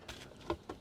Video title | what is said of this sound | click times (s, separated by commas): Detailed HOWTO Replace Parking Brake Shoes and Disc Brake Pads Project 2004 Jeep Wrangler TJ | we go and locks into place also try your best not to | 0.5 s